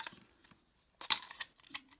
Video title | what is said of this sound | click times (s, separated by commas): Imaginext DC Super Friends Capt Cold & Cannon, Darkseid & Minion, Steel & Metallo, Red Robin Review | just pop it back in you hear the click and then it really flies out of there so they did a nice job with that and | 1.1 s